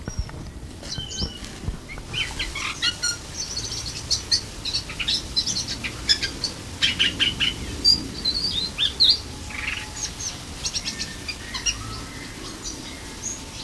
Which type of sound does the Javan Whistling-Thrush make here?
song